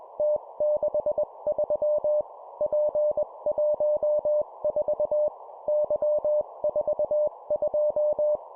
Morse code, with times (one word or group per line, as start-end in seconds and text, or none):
0.2-2.2 T63
2.6-5.3 P14
5.7-8.4 Y42